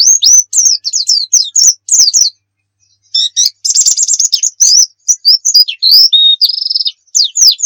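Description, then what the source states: White-eye song: rapid high slurred whistles, a pause, then buzzy trills mixed with twittering notes and a steady flat buzz. Muria white-eye; recording used for training (masteran) songbirds.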